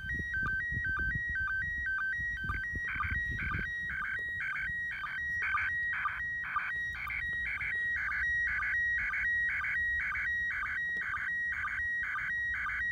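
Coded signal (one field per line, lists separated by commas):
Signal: SSTV (slow-scan television)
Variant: PD 120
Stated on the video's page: SSTV from the International Space Station during a satellite pass, received with a 3-element tape measure Yagi antenna.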